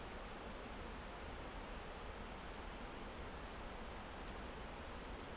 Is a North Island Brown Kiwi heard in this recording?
no